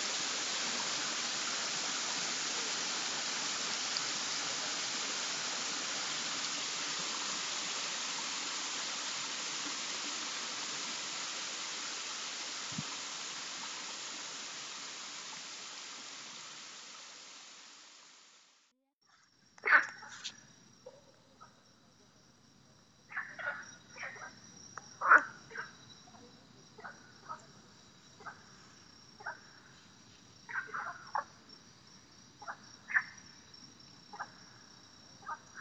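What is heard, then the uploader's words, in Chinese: Spring water flows in a dense, steady rush for the first eighteen seconds, then fades away. After that, a thin high insect buzz holds steady while short, sharp frog croaks pop up irregularly, every second or two, through the final fifteen seconds. 晚上10点的岳麓山清风泉流水声，万物静谧，清水流淌昆虫鸣叫青蛙呱呱。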